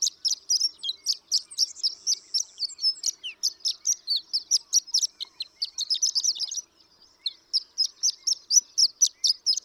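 Horned lark song of rapid high, glassy chips and jingles, pausing briefly near seven seconds before continuing.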